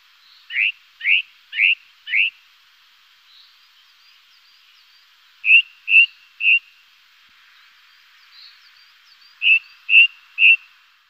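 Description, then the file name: Ring ouzel song: short piping whistles given in phrases of four, then three, then three, with pauses between phrases and faint twittering behind. "beflijster ring ouzel"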